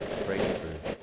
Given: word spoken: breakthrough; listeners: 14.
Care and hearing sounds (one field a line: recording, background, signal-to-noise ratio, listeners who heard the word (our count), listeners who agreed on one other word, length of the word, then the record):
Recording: one English word in noise, from a listening test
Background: noise modulated by three-talker babble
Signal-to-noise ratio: -5.6 dB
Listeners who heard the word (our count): 1 of 14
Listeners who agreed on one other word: 7 of 14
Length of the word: 0.63 s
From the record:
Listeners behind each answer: 7, 2, 1, 1, 1, 1, 1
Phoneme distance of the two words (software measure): 37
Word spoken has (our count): 2 syllables, 7 phonemes, stress on syllable 1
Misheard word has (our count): 2 syllables, 8 phonemes, stress on syllable 1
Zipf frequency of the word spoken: 3.95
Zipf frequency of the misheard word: 3.16